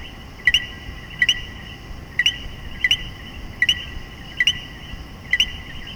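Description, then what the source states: Common coquí calling 'co-qui' around seven times at irregular spacing, the second note higher and upswept, with a continuous high drone of other callers. In Puerto Rico.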